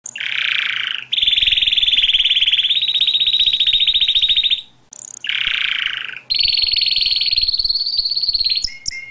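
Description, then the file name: Atlantic canary singing long, fast buzzy rolls, two sustained trilled tours, each preceded by a lower buzzy roll, with a brief near-silent break and a short whistled burst between them, steady and piercing within each tour. "suara kenari"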